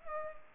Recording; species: mosquito wingbeat signal from an infrared sensor; Culex pipiens